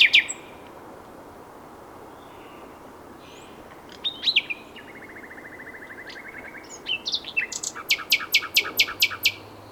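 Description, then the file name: Common nightingale song with a soft buzzy rattle, then a clearer series of several sharp, repeated high notes at the end. "Luscinia megarhynchos"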